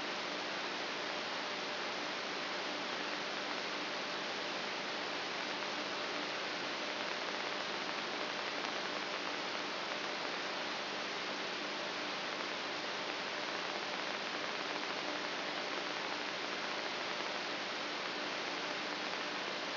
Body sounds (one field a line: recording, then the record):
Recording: brain microelectrode recording played as sound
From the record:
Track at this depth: inside the subthalamic nucleus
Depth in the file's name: 6.543 mm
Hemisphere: left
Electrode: 3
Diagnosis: Parkinson's disease